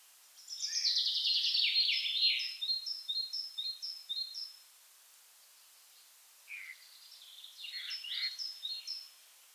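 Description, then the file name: Common chaffinch singing a fast descending rattle, then a run of evenly spaced high notes, and a second shorter phrase near the end. "Fringilla coelebs"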